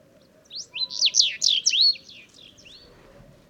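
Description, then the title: Sahara bunting singing one brisk phrase of sweeping, bouncy whistled notes, about a second and a half long, over a soft low background hum. Several birds all singing, unseen among heaps of stones in the old town ruins, just after sunrise, Wadan, Mauritania, 23 February 2019; recorded with Telinga Pro 7 and MixPre-3. "Bruant du Sahara - Mauritanie"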